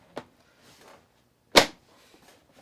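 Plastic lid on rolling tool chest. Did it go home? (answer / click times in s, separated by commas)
yes / 1.6 s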